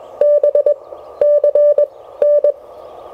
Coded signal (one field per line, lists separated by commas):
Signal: Morse code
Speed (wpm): 20 wpm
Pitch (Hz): 600 Hz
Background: none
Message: BCN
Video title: Relaxing POTA Therapy: Taking the amazing Mission RGO One to the Field!